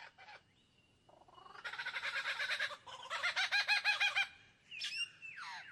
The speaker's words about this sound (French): À l'ombre des eucalyptus, un oiseau répète son tour de chant. Un magnifique oiseau lyre, aussi appelé ménure superbe.